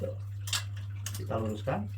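A Krisbow EN131 metal folding-ladder section is handled at its hinge lock joint while being straightened, with short handling knocks and someone talking over a steady low hum. The clip ends before the hinge lock sounds, so nothing has locked or clicked yet.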